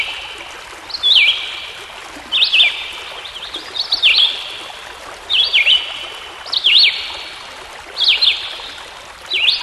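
Songbird repeating brief whistled, warbling phrases roughly every one to two seconds, each a quick down-up flourish, over a constant watery background hiss.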